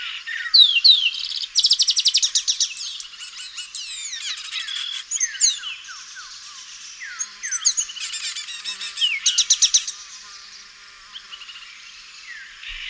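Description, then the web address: Black-and-white seedeater song: a rich, varied run of sweet slurred whistles, rapid buzzy trills and chattering phrases, delivered in bursts with short pauses throughout. Recorded in Ecuador. "Birds of Ecuador. Black-And-White Seedeater"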